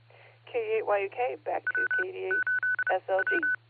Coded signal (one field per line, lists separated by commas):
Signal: Morse code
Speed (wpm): 30 wpm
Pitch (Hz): 1500 Hz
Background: speech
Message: W 8 W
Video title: THE BEACON NET hosted by Silvercreek Amateur Radio Assoc. 147.39+ 114.8 PL 10:00PM, 3-20-24